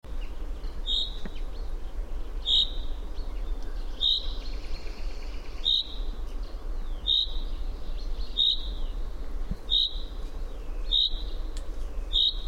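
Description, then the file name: Common chaffinch calls, short sharp 'pink' notes repeated about every one and a half seconds, nine in all, over a steady low rumble. "Fringilla coelebs"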